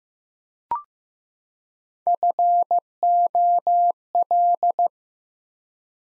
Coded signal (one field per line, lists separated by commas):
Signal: Morse code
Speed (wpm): 15 wpm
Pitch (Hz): 700 Hz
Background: none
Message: FOL